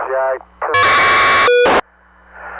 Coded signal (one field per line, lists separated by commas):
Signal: packet radio (AX.25, as in APRS)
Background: speech